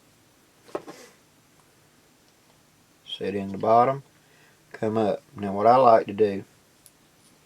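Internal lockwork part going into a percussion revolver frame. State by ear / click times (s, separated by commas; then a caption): not seated / none. A small steel lockwork part is handled over the frame of a percussion revolver (1849 pocket model or 1862 navy) during reassembly of the lockwork. There is a short handling tick near 0.8 s, someone talks from about 3.1 to 6.5 s, and a faint tick comes at 6.9 s. The part has not been pushed home, and nothing has seated or clicked yet.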